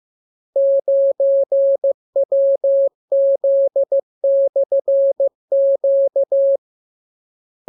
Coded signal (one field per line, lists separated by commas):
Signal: Morse code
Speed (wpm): 15 wpm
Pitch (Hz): 550 Hz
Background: none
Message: 9WZ/Q